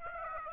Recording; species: mosquito wingbeat signal from an infrared sensor; Aedes aegypti